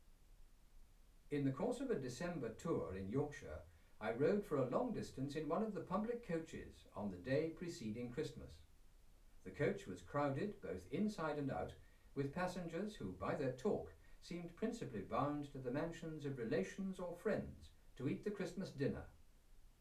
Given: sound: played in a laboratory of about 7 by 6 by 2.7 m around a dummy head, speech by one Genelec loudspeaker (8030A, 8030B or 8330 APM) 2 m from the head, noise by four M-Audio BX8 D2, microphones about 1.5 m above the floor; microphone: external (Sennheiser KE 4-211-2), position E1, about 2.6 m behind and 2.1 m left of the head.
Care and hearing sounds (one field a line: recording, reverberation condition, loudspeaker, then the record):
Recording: male speech in English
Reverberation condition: low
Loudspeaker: 30 degrees to the left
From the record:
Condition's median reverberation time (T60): about 310 ms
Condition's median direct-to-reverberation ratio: about 3.5 dB